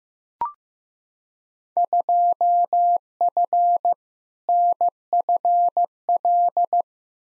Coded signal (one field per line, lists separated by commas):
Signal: Morse code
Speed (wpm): 15 wpm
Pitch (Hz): 700 Hz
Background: none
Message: 2F NFL